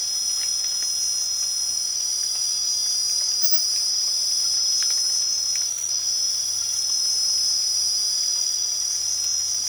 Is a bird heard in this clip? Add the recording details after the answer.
no. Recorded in pastures near Puerto Asís, Putumayo, Colombia, on 8 March 2025 at 00:00. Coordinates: 0.497, -76.327. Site G072